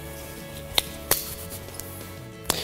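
A LEKI Micro Vario Ti Lady folding trekking pole has its top section pulled away from the handle, tensioning the inner cord until a small spring button inside pops out. Several sharp clicks and knocks sound over a faint background hum, with the locking click at 2.5 s. The top section is then locked into the handle section and the segments can no longer be pulled apart.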